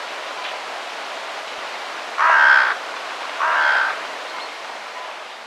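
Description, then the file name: Carrion crow giving two harsh, grating caws about a second apart over a steady hiss of background noise. "Corvus corone"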